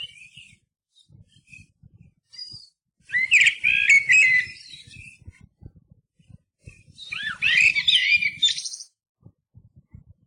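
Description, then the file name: Eurasian blackbird song: two warbled, fluting phrases each about two seconds long, ending in squeaky twitter, with faint low knocks between them. "MERLO"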